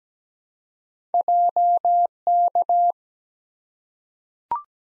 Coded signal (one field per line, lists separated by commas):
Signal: Morse code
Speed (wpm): 17 wpm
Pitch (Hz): 700 Hz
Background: none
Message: JK